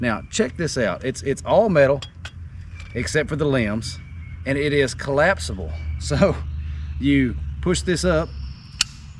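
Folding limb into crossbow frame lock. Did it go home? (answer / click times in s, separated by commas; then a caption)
yes / 8.8 s. Someone talks while pushing up the collapsible limb assembly of a William Tell Scout crossbow, which is all metal except for the limbs. A single sharp, loud click sounds at 8.8 s as the folding limb locks into place in the frame.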